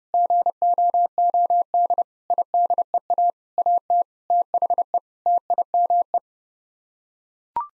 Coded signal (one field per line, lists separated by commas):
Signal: Morse code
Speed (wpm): 32 wpm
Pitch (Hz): 700 Hz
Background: none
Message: GOOD IDEA AT THE TIME